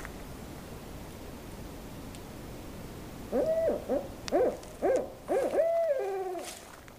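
Owl hooting: after three seconds of quiet, a quick run of several short arched hoots ending in a longer drawn-out note, with faint background noise.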